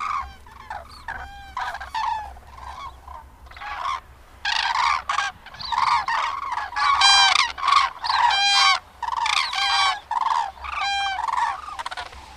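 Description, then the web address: Common crane calls: a quieter start, then loud, rolling trumpet calls in repeated bursts. "Madardalok Cd 3. Daru"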